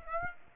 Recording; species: mosquito wingbeat signal from an infrared sensor; Aedes aegypti